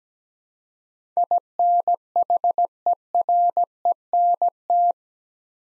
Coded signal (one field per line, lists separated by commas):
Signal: Morse code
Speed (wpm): 17 wpm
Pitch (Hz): 700 Hz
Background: none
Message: INHERENT